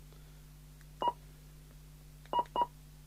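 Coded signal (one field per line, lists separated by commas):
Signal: none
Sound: radio key beeps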